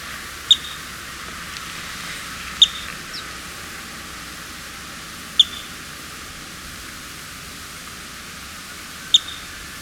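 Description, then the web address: Spot-billed ground-tyrant calling: brief, thin, high ticking notes spaced a few seconds apart over a steady hiss. Recorded in Ecuador. "Birds of Ecuador 3. Spot-Billed Ground-Tyrant"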